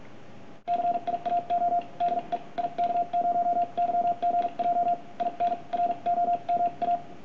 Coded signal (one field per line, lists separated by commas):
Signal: Morse code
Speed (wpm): 48 wpm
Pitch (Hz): 700 Hz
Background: radio noise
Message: CIAO DE IK0YGJ IN ROMA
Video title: From 40 to 60 WPM with a Begali Sculpture Single Lever Prototype